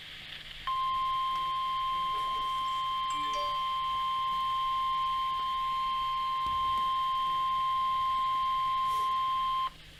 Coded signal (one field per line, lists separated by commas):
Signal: Emergency Alert System (SAME) tones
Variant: 1050 Hz attention tone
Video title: requierd weekly test [EAS #13] for my county